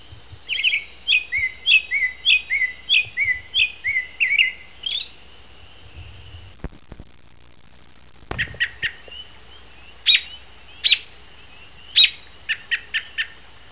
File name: american robin